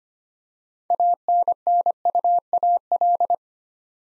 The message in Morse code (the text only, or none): ANNUAL